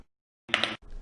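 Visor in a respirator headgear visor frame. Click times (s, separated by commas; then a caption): 0.5 s, 0.6 s. The visor frame buttons on a 3M Versaflo M Series respirator headgear are pushed closed to lock an M925/M927 plastic visor into the visor frame. Two sharp clicks are heard at 0.5 s and 0.6 s, followed by low background noise. The visor is seated and locked in the frame.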